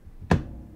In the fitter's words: see you hear a click then you tight turn